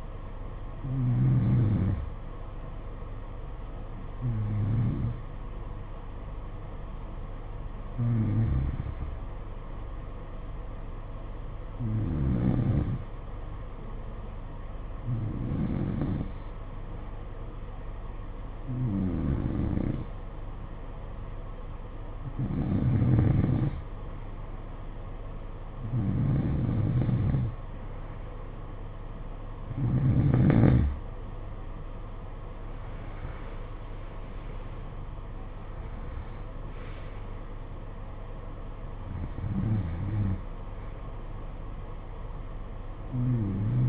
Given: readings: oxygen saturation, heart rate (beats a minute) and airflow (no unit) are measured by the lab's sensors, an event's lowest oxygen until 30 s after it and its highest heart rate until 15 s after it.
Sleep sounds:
breathing in sleep by a smartphone at the bedside; 1
4.00-25.60 s: hypopnea (N3, oxygen 93% highest, then 90% lowest, heart rate 56 at the start, 69 highest)
30.00-43.88 s: new sleep stage, N2 (light sleep)
From the record:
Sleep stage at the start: N3 (deep sleep); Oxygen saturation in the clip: 90 to 93%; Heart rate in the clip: 55 to 69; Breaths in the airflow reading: 12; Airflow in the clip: -11.7 to 9.1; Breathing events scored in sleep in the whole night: 476 in 9.7 hours asleep

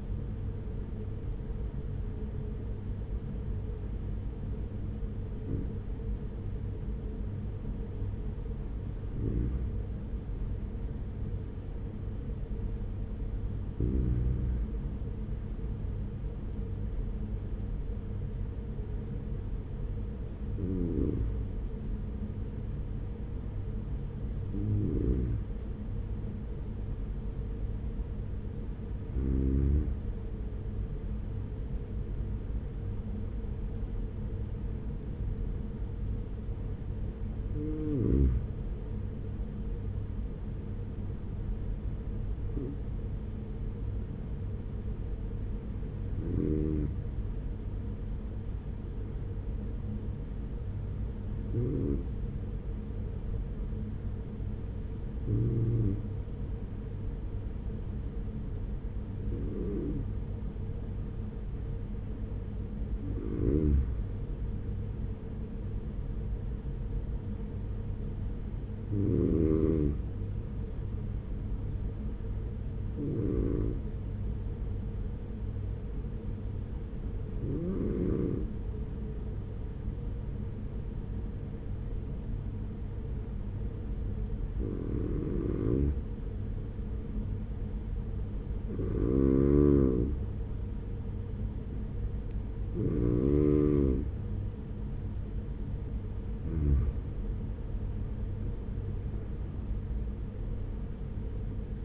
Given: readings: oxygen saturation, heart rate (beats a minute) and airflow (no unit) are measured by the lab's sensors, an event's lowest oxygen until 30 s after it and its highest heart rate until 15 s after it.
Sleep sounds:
breathing in sleep by a smartphone at the bedside; 2
9.00-62.90 s: hypopnea (N1, oxygen 95% highest, then 94% lowest, heart rate 44 at the start, 47 highest)
61.00-91.00 s: new sleep stage, N2 (light sleep)
68.00-96.20 s: hypopnea (N2, oxygen 94% highest, then 91% lowest, heart rate 47 at the start, 51 highest)
91.00-101.85 s: new sleep stage, N1 (lightest sleep)
From the record:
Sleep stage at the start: N1 (lightest sleep); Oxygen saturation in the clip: 92 to 95%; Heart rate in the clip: 43 to 47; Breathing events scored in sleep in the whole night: 210 in 6.9 hours asleep

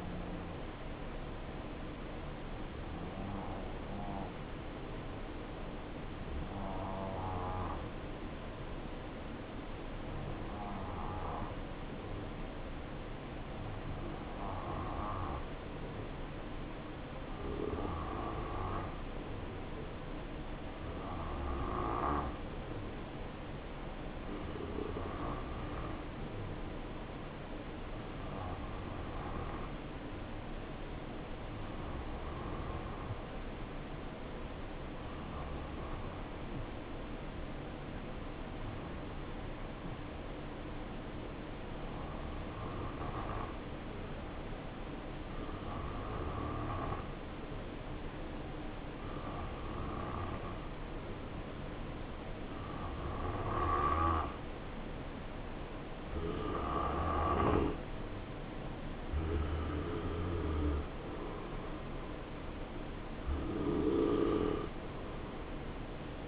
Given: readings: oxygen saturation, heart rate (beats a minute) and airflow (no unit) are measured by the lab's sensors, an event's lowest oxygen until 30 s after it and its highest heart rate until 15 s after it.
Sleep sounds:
breathing in sleep by a voice recorder at the bedside; 1
34.00-60.50 s: hypopnea (N2, oxygen 92% highest, then 89% lowest, heart rate 70 at the start, 71 highest)
From the record:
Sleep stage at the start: N2 (light sleep); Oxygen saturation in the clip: 91 to 93%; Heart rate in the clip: 63 to 71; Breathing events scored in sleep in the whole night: 277 in 7.4 hours asleep

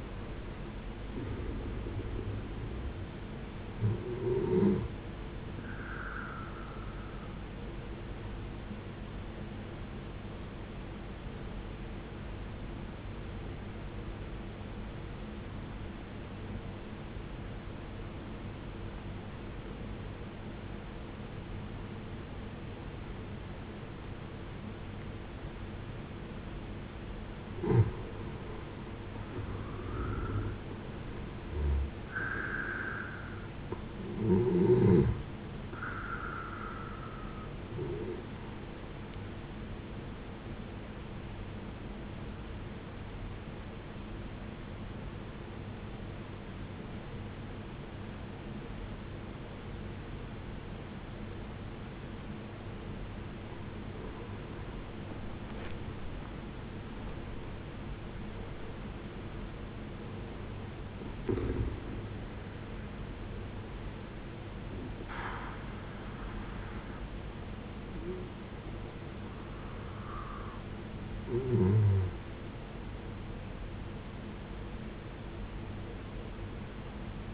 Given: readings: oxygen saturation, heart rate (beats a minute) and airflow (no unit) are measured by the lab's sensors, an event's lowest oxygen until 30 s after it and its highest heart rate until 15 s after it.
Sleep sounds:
breathing in sleep by a voice recorder at the bedside; 2
11.00-28.00 s: obstructive apnea (N1, oxygen 93% highest, then 80% lowest, heart rate 59 at the start, 73 highest)
20.00-50.00 s: new sleep stage, N2 (light sleep)
40.00-56.80 s: hypopnea (N2, oxygen 93% highest, then 82% lowest, heart rate 72 at the start, 79 highest)
50.00-77.34 s: new sleep stage, N1 (lightest sleep)
From the record:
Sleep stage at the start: N1 (lightest sleep); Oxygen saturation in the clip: 73 to 93%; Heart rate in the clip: 53 to 80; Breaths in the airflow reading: 11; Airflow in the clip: -12.0 to 14.5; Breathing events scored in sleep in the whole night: 389 in 6.3 hours asleep

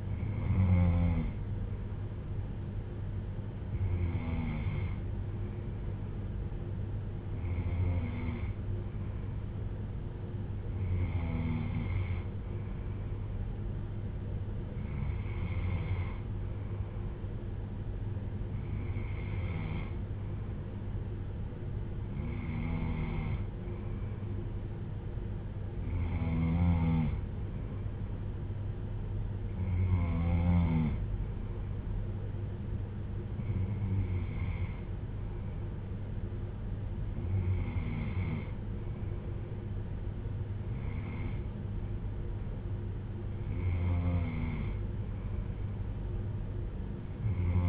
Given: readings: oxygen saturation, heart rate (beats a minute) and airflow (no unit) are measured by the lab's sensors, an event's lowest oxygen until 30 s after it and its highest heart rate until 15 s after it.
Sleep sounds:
breathing in sleep by a smartphone at the bedside; none
none scored
From the record:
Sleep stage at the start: N2 (light sleep); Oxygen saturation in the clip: 94 to 95%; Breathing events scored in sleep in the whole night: 310 in 8.1 hours asleep

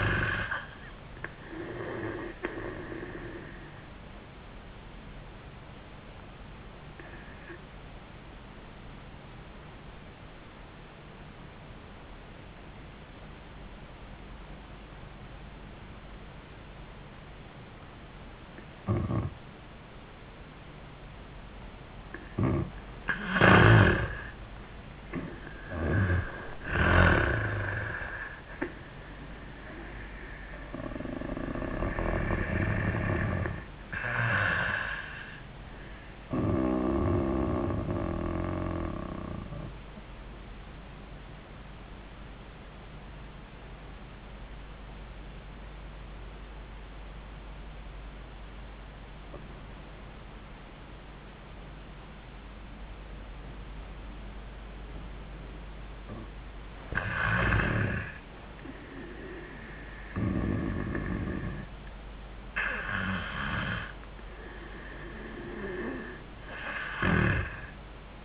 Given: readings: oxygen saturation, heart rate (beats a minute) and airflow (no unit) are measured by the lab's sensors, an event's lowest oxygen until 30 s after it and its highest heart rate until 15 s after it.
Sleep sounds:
breathing in sleep by a voice recorder at the bedside; 2
3.00-21.80 s: obstructive apnea (N1, oxygen 95% highest, then 83% lowest, heart rate 76 at the start, 76 highest)
42.00-57.60 s: obstructive apnea (N1, oxygen 98% highest, then 92% lowest, heart rate 83 at the start, 88 highest)
From the record:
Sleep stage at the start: N1 (lightest sleep); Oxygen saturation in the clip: 83 to 98%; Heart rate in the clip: 67 to 88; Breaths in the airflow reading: 6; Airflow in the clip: -8.6 to 5.8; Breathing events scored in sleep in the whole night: 400 in 8.7 hours asleep

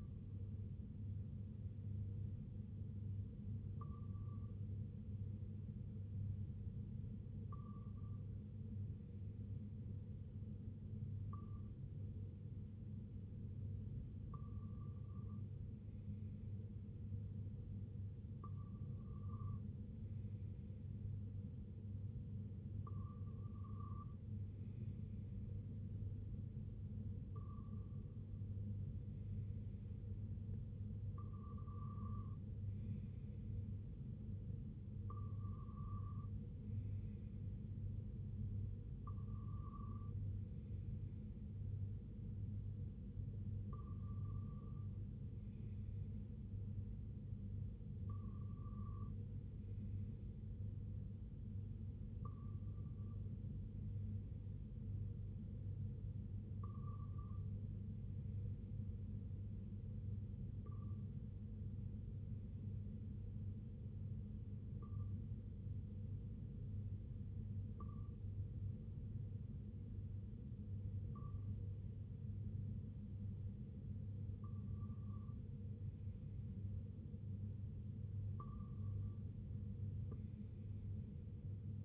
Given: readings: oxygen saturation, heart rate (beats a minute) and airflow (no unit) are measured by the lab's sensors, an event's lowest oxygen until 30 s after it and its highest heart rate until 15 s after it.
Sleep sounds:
breathing in sleep by a smartphone at the bedside; none
none scored
From the record:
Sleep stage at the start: N2 (light sleep); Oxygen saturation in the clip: 93 to 95%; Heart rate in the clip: 58 to 67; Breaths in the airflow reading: 21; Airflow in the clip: -5.5 to 3.4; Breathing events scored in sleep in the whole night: 258 in 7.4 hours asleep

